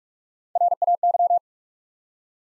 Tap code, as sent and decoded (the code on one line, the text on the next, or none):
none